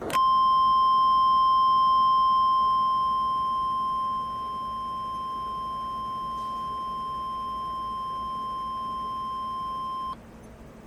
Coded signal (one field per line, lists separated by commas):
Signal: Emergency Alert System (SAME) tones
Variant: 853 and 960 Hz attention tone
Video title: Eas simulacion - alerta de tornado en Maine... en enero pero con zona horaria EDT? uh?!